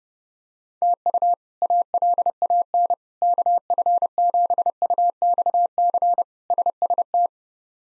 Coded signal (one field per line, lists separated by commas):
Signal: Morse code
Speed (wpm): 32 wpm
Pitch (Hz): 700 Hz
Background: none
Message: TU ALAN KF7UXC SST